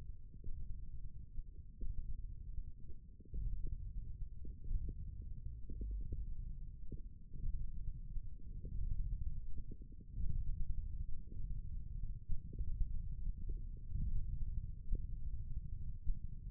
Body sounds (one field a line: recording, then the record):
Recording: forearm muscle sounds (acoustic myography)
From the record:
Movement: thumb flexion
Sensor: system 1, eight BSWA MPA416 microphones around the upper forearm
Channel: 1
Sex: male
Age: 20 years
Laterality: left